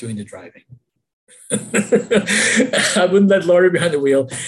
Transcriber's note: laughs